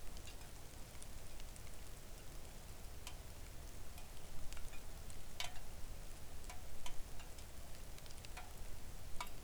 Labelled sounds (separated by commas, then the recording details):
rain
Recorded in the Arctic National Wildlife Refuge, Alaska, on 3 August 2019 at 05:44
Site 41